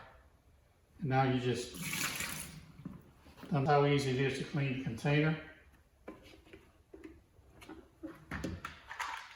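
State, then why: Not seated. Someone talks while handling the recovery tank of a Hoover Floormate Deluxe FH40160 hard floor cleaner, with faint sloshing of water and short handling knocks near the end. The top assembly is being readied to go back onto the dirty-water tank, where two green plastic clips snap shut, but nothing has seated or clicked yet.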